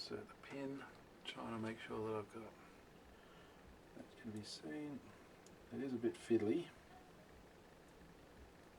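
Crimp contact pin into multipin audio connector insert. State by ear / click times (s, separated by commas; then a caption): not seated / none. A crimp contact pin is being lined up in the insert of a 96-pin multipin audio connector, a fiddly step before pushing it home. Someone talks through most of the clip, with faint rustling handling sounds around 5.8 to 6.6 seconds. The pin has not yet seated or clicked.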